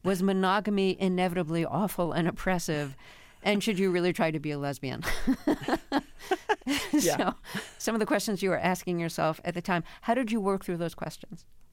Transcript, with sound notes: Was monogamy inevitably awful and oppressive? And should you really try to be a lesbian?
(LAUGHTER)
Yeah.
So some of the questions you were asking yourself at the time - how did you work through those questions?